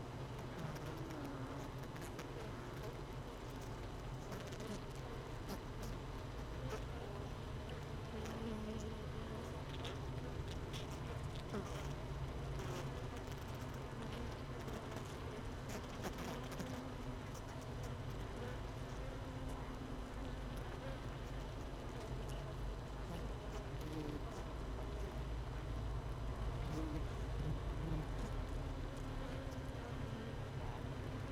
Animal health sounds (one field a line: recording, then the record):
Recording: honeybee colony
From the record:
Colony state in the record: missing queen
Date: 31 May 2018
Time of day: 17:18